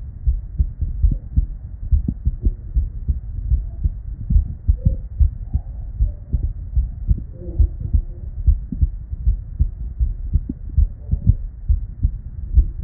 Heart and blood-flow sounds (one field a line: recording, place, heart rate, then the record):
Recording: heart sounds by stethoscope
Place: Erb's point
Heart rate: 76 bpm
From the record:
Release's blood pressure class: hypertension stage 1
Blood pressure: 164/89 mmHg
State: at rest